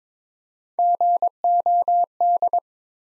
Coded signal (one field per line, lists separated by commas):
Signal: Morse code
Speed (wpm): 22 wpm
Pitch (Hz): 700 Hz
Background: none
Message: GOD